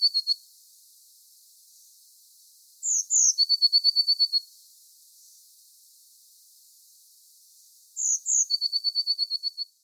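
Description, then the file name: Eurasian blue tit singing, with each phrase made of two sharp high notes followed by a fast, bright trill, repeated about five seconds apart. "Cyanistes caeruleus"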